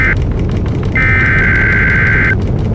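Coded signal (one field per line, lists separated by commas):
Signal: Emergency Alert System (SAME) tones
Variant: header bursts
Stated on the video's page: Fictional EAS scenario themed on Mortal Kombat, made by a fan rather than broadcast.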